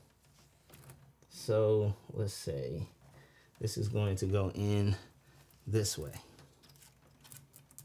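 A modular power cable plug is handled and lined up with its socket on a power supply or board, oriented by its thicker-lined side, while someone talks. A few faint ticks sound near 0.7–0.9 s and a burst of small clicks near the end at 7.3–7.8 s. Nothing has seated or clicked yet.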